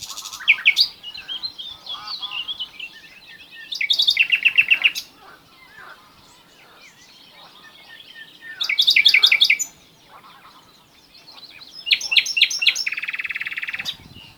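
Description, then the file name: Common nightingale song in four separated bursts: rapid chattering trills and buzzy rattles, the last ending in a long harsh buzz, with soft chirping in the pauses. "Luscinia megarhynchos"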